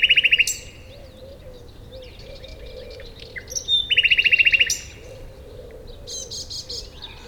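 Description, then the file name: Common nightingale singing a rapid, even trill of repeated notes, then scattered whistles and a second fast trill near the middle, over a soft low, wavering background hum. "Luscinia megarhynchos"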